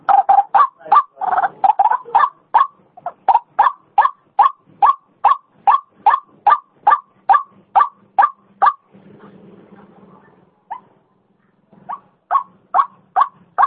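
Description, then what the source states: White-breasted waterhen giving a long steady series of harsh croaking notes, a little over two per second, broken by a short spell of low rumbling before the calls resume. Female; recording used as a lure sound (pikat).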